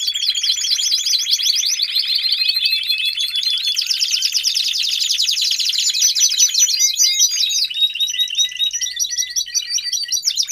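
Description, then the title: Domestic canary pouring out loud, nonstop song of fast rolling trills and chattered notes, with brief lower whistled notes near the end. Male canary singing a lot, in a 30-minute canary training recording meant to warm up young birds and Belgian canaries. "Canary Training Esquente Seu Filhote E Canario Belga Em 30 Minutos Macho Cantando Muito"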